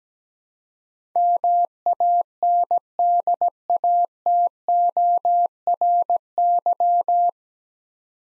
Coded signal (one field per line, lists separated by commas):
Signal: Morse code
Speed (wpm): 17 wpm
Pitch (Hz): 700 Hz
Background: none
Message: MANDATORY